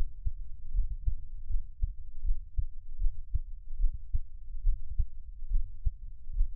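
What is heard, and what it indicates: Soft, deep thumps repeat steadily at about 75 beats a minute, with a low muffled hum between them and no talking. It is an adult's own heartbeat, recorded up close for ASMR listening.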